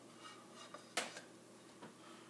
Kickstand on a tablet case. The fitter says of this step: try to get it this way for you guys less of an angle slide it in it clicks it gives